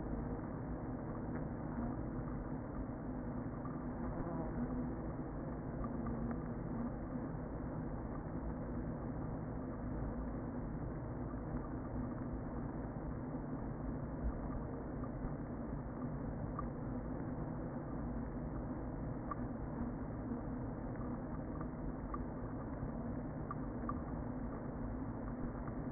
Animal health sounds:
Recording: honeybee colony, microphone inside the hive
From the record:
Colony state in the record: queen present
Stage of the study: before two queens were removed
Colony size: about 60,000 bees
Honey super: yes

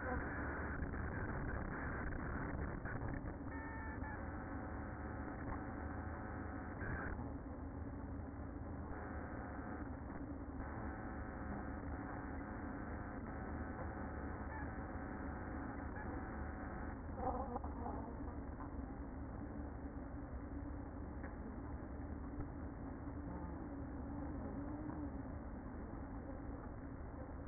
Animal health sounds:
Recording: honeybee colony, microphone inside the hive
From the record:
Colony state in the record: queen present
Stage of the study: after two queens were removed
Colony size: about 60,000 bees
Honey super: yes

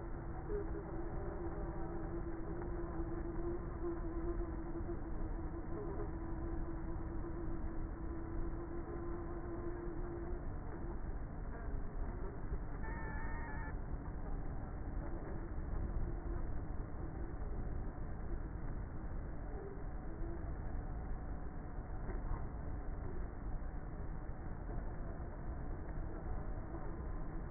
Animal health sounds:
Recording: honeybee colony, microphone inside the hive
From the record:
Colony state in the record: queenless with a low population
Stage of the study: before two queens were removed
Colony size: about 30,000 bees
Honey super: no

